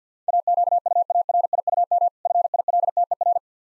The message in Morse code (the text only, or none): AQUARIUM FILTER